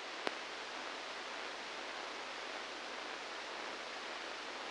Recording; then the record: brain microelectrode recording played as sound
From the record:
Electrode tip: inside the subthalamic nucleus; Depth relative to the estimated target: 0 mm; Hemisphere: left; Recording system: NeuroSet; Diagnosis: Parkinson's disease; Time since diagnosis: 10 years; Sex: male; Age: 63 years